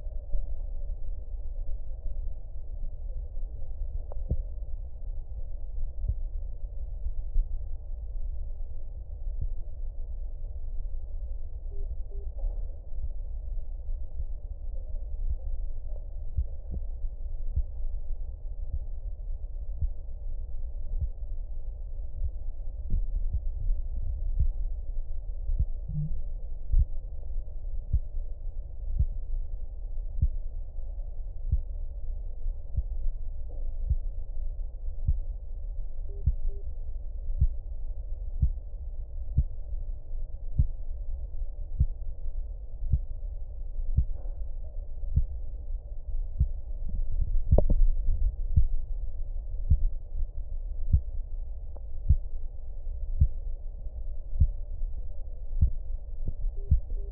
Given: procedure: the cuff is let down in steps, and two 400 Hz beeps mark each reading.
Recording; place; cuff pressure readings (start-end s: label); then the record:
Korotkoff sounds by stethoscope; brachial artery, at the lower edge of an arm cuff
11.71-12.24 s: 135 mmHg
36.09-36.62 s: 125 mmHg
56.57-57.09 s: 115 mmHg
From the record:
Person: healthy adult, 24 to 32 years, lying on the back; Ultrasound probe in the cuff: proximal